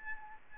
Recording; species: mosquito wingbeat signal from an infrared sensor; Aedes albopictus